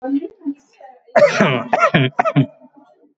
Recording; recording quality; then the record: heavy voluntary cough; moderate, slight background noise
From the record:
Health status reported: exposed to COVID-19, no respiratory illness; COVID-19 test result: negative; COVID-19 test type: RT-PCR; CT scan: not taken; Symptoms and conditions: cough, cold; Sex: male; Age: 28 years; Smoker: no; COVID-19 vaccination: both doses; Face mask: worn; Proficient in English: yes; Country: India